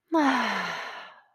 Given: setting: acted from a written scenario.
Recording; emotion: vocal sound without words; contentment